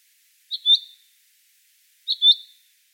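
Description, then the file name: Common chaffinch: two bright, high, two-syllable chink calls, about one and a half seconds apart, with nothing else audible. "Fringilla coelebs"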